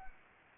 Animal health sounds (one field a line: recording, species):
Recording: mosquito wingbeat signal from an infrared sensor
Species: Anopheles arabiensis